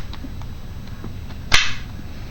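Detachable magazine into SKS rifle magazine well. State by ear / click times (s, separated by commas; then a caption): seated / 1.5 s. A detachable magazine is inserted into the magazine well of an SKS rifle with the bolt closed, using a prototype extended magazine release. A few faint ticks come before a single sharp, loud metallic snap at 1.5 s, as the magazine locks in. The magazine is seated.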